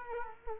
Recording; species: mosquito wingbeat signal from an infrared sensor; Culex quinquefasciatus